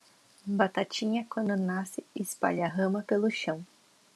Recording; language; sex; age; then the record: short text; Brazilian Portuguese; female; 30 to 39 years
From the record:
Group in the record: control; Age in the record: 33 years